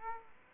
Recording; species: mosquito wingbeat signal from an infrared sensor; Aedes aegypti